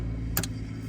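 A plastic wiring harness connector is pushed by hand onto a Hardway Performance 10BAR MAP sensor on a 2018 Ram 6.7 Cummins engine, after earlier tries failed to latch. It seats with a single sharp click at 0.4 s, with a softer follow-up tick at 0.4 s, over a steady low hum. The connector is confirmed on.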